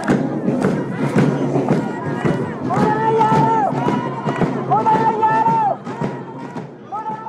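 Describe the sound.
A loud street demonstration crowd: a dense roar of many voices with repeated, sustained shouted chants rising and falling in a steady rhythm, and scattered thuds throughout.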